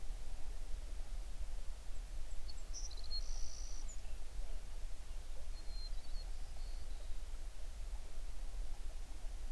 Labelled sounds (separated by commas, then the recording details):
songbird
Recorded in the Prudhoe Bay oil fields, Alaska, on 11 June 2019 at 05:32
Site 21